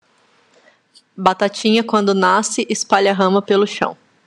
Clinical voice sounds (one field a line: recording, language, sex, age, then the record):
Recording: short text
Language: Brazilian Portuguese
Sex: female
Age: 30 to 39 years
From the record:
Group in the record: control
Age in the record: 35 years